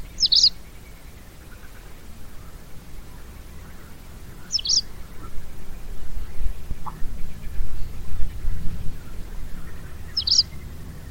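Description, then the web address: Bird chirps, three short high sharp notes given singly several seconds apart, over a steady low rumbling background noise. "Bird Only"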